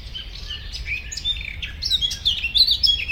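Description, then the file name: Eurasian blackcap song, a fast, varied warble of high chirps and twittering notes, rising and falling with brief clearer whistles near the end, over a low steady rumble. "Sylvia atricapilla"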